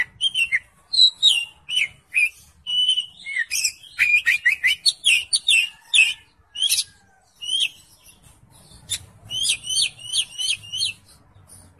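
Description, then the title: Oriental magpie-robin song: a fast run of varied whistled and chirping phrases, some sharp and upslurred, some repeated in quick series near the end, with brief pauses between bursts. "Kacer"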